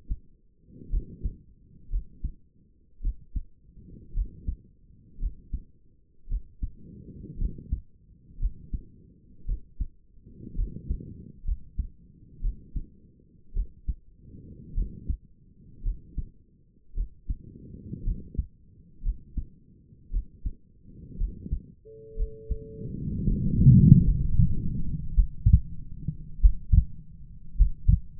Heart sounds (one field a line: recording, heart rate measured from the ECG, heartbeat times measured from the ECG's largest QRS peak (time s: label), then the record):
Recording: heart sounds by stethoscope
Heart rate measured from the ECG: 56 bpm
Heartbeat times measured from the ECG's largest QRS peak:
0.90 s: heartbeat
1.90 s: heartbeat
3.02 s: heartbeat
4.14 s: heartbeat
5.20 s: heartbeat
6.29 s: heartbeat
7.38 s: heartbeat
8.39 s: heartbeat
9.46 s: heartbeat
10.56 s: heartbeat
11.45 s: heartbeat
12.41 s: heartbeat
13.54 s: heartbeat
14.75 s: heartbeat
15.83 s: heartbeat
16.95 s: heartbeat
18.04 s: heartbeat
19.03 s: heartbeat
20.11 s: heartbeat
21.18 s: heartbeat
22.17 s: heartbeat
23.25 s: heartbeat
24.04 s: heartbeat
25.14 s: heartbeat
26.40 s: heartbeat
27.56 s: heartbeat
From the record:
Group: healthy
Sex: female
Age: 28 years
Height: 170 cm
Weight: 77 kg